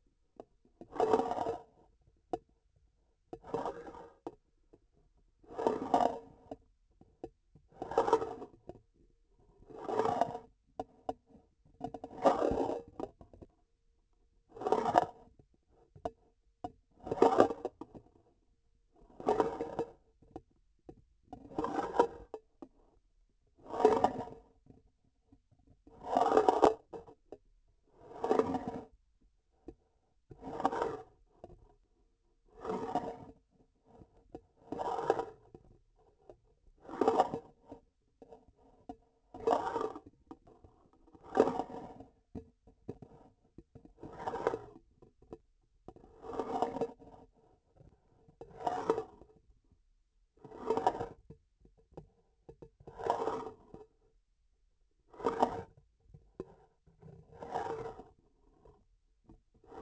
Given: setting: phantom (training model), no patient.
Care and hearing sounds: laparoscopic instrument, vibration sensor on the handle end; grasping forceps; approaching and retracting movements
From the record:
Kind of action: spatial motion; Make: Olympus

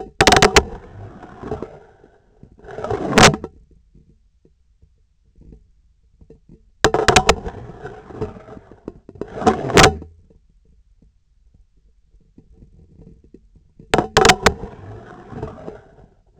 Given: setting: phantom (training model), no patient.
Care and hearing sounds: laparoscopic instrument, vibration sensor on the handle end; scissors; insertion and removal through the trocar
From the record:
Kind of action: spatial motion

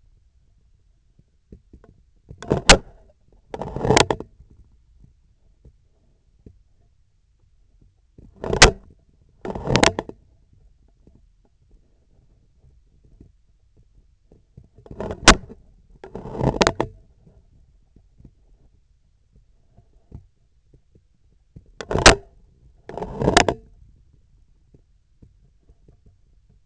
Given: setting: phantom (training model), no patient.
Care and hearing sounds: laparoscopic instrument, vibration sensor on the handle end; scissors; opening and closing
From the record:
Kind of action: tool actuation without material contact

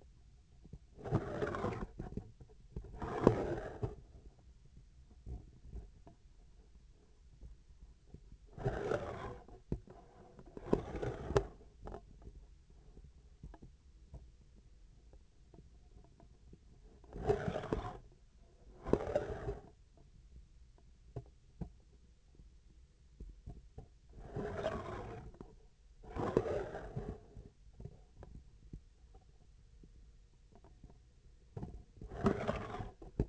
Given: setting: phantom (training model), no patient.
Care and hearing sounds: laparoscopic instrument, vibration sensor on the handle end; scissors; approaching and retracting movements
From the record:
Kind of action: spatial motion

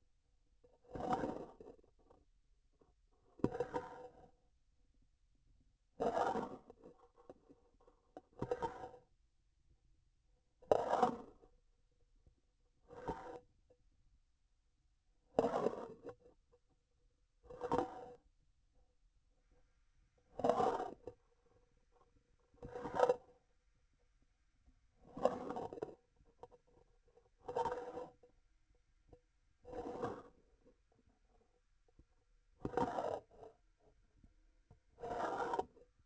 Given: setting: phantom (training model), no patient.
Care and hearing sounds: laparoscopic instrument, vibration sensor on the handle end; grasping forceps; approaching and retracting movements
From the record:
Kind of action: spatial motion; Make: Olympus

